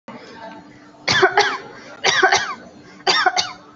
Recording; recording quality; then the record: shallow voluntary cough; excellent, no background noise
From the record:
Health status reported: recovered from COVID-19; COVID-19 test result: positive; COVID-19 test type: RT-PCR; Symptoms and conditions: another condition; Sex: female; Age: 19 years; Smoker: no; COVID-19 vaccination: one dose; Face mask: worn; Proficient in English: yes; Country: India